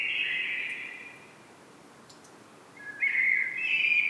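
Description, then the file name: Common blackbird song: a mellow warbled phrase fades out at the start, a pause, then a second fluted, warbling phrase with a higher ending. "Turdus merula"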